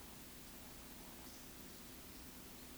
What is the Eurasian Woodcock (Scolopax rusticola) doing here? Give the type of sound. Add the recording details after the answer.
whistle, croak. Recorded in Baden-Württemberg, Germany, on 16 June 2021 at 20:18 UTC. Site 18672, 474 m above sea level